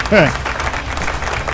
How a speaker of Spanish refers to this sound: ¿Dónde está el aplauso otra vez? Es que ya yo veo lo que pasa. Aquí que hay que darle doble clic. Hay que darle dos veces para que funcionen los aplausos aquí en esto nuevo.